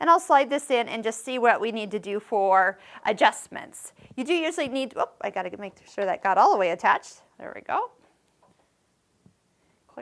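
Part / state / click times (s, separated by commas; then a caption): presser foot onto sewing machine foot holder / seated / 10.0 s. A blind hem presser foot, No. 45, is fitted onto the foot holder of a Bernina 1300MDC sewing machine while someone talks about sliding it in and checking that it is fully attached. After a few faint taps, a sharp, short click at 10.0 s marks the foot snapping into place, now seated and attached.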